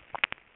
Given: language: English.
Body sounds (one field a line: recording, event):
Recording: throat vibration sensor signal played as sound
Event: swallow